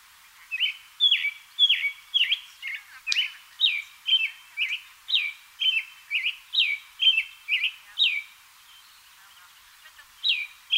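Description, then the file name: American robin delivering a long series of whistled caroling notes, about two each second, with a pause near the end before resuming. "American Robin Turdus migratorius"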